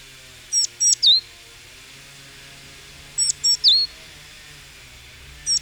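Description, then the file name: Great tit calls: two short high notes followed by a sharp downslurred note, the phrase repeated twice about three seconds apart, with a faint low hum beneath. "Parus major"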